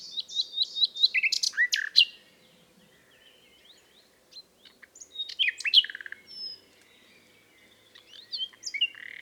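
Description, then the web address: Common nightingale song, a run of repeated whistled notes, then quieter scattered sweeps and a second loud phrase of clicks and whistles. "SETE data Luscinia megarhynchos"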